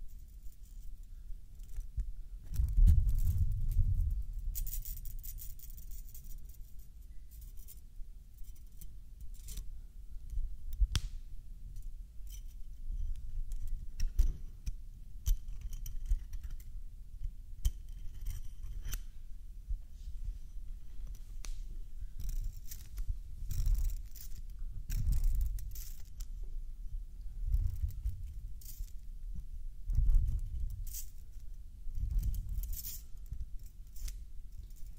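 Someone plays with a metal toy, making irregular scraping and clicking sounds with sharp metallic ticks scattered throughout. Low rumbling thuds swell every few seconds, strongest around 3, 25 and 30 seconds, and a faint bright hiss comes and goes.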